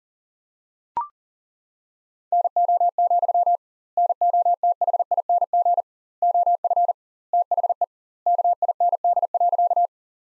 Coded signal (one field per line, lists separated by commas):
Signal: Morse code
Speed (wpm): 40 wpm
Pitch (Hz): 700 Hz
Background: none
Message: NO, NOTHING OF THE KIND.